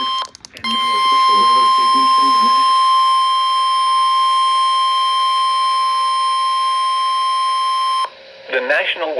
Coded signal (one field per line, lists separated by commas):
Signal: Emergency Alert System (SAME) tones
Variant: 1050 Hz attention tone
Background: speech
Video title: EAS 573 - SMW